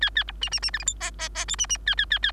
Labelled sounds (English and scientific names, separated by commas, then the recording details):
Bengalese Finch (Lonchura striata domestica) song
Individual Bird3